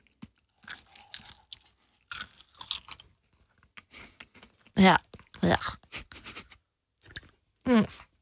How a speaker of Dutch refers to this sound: Ja, ik eet ook lekker met je mee, hoor. Het eerste hap. Ja. De meelworm. Klaar?